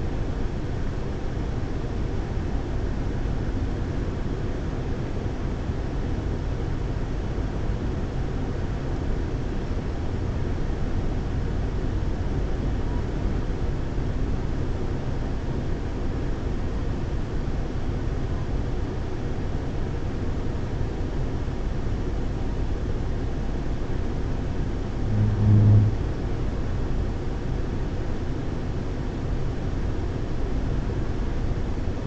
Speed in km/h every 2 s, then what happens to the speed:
122, 122, 121, 121, 121, 121, 121, 121, 122, 122, 122, 122, 122, 122, 122, 122.
0-32 steady at about 122.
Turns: none.